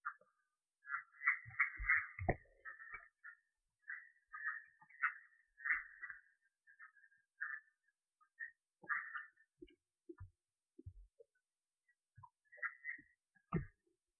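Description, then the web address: Red-eyed tree frog producing rapid runs of short clucks in bursts with pauses, plus scattered low thumping sounds. "phyllomedusidae Agalychnis-callidryas"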